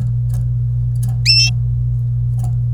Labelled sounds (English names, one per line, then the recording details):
Domestic Canary song
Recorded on 25 April 2018 at 18:17
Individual llb3